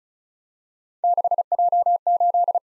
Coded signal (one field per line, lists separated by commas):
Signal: Morse code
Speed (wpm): 36 wpm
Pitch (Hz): 700 Hz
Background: none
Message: 6J8